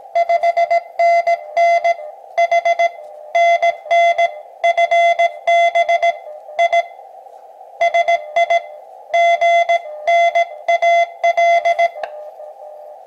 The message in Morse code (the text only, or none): 5NN HNN FB I SIGNAL